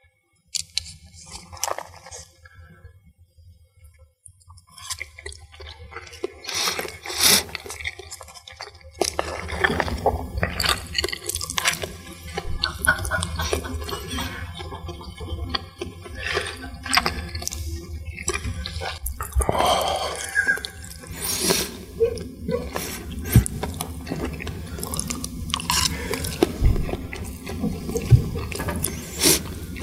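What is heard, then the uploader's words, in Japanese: Someone eating sushi, with soft wet chewing, squishy mouth sounds and small sharp clicks scattered throughout. The first several seconds are sparse and quiet; from about nine seconds the sounds grow denser and louder over a steady low hum. 寿司を食うだけの時間。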